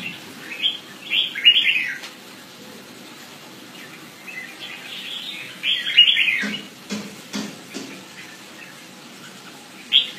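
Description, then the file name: Red-whiskered bulbul repeating clusters of quick, liquid, chirpy notes, with several dull thumps midway through. "Pycnonotus jocosus"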